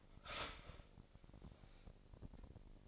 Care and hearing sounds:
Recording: daily activity, microphone in the room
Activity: start toaster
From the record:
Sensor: 5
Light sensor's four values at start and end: 25/58/24/24 and 25/58/24/24

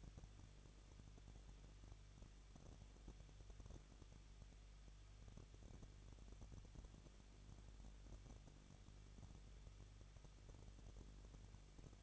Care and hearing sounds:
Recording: daily activity, microphone in the room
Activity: no activity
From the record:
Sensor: 4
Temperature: 23.1 degrees Celsius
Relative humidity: 34.0%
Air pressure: 1007.2 hPa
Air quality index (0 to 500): 216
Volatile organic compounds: 15 ppm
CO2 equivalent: 2490 ppm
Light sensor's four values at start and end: 2/3/1/1 and 2/3/1/1

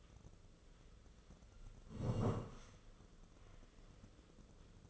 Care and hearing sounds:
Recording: daily activity, microphone in the room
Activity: sit down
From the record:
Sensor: 4

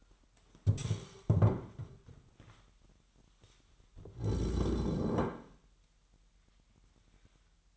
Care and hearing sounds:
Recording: daily activity, microphone in the room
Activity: stand up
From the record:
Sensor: 3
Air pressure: 998.5 hPa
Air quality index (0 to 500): 127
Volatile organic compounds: 3 ppm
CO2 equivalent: 1515 ppm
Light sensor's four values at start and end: 8/18/8/8 and 9/20/9/10

